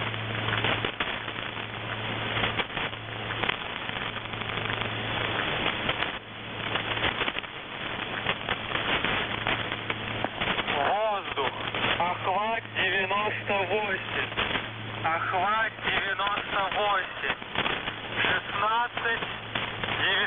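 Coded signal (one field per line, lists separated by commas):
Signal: coded military voice message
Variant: Russian, The Goose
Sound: crackling radio static, then a voice-like sound with gliding pitch through noise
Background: radio static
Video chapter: 00:00 - Воздух Охват-98 16989 ИКОНА 4480 9777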